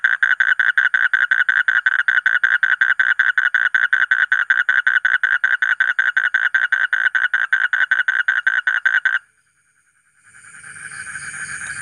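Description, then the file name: Asian common toad producing a fast pulsed trill for about nine seconds, then a brief silence before a faint rising hiss. "suara kodok bangkong kolong kodok buduk"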